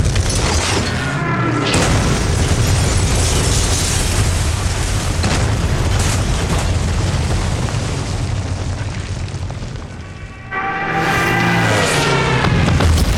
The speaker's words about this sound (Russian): Повсюду раздаются взрывы. Идет массированная бомбежка.